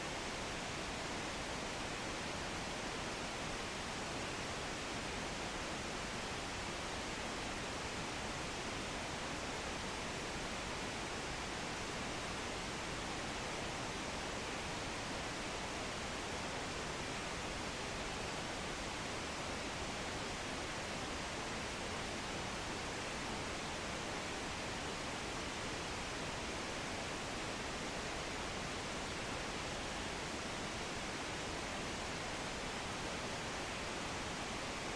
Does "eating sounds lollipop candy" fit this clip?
no